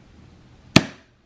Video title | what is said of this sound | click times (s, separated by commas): NESTING luggage! MUST HAVE! | nine then you push this in until you hear the click | 0.8 s